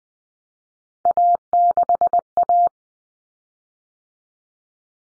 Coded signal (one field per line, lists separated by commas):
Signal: Morse code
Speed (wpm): 20 wpm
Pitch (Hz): 700 Hz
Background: none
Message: A6A